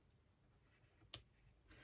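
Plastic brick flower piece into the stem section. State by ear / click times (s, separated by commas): seated / 1.1 s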